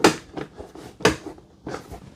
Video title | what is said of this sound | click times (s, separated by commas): Yeedi M12 Pro+ Robot Self-emptying Vacuum & Mop How to Setup | okay this one was a little harder to snap but I put it on its back and then push straight down and finally this one snapped into place | 0.1 s, 1.1 s